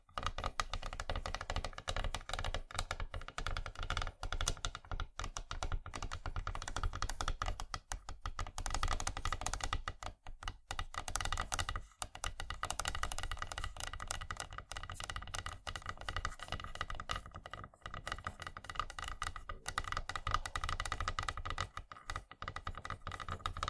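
Rapid tapping and clicking on wooden objects runs almost without a break, quick and dense like fast typing. The clicks are crisp and bright, with brief pauses around eight, ten, twelve and twenty seconds.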